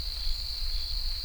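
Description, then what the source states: Cricket giving a continuous, even, high ringing trill with a faint low background rumble beneath. Outdoors.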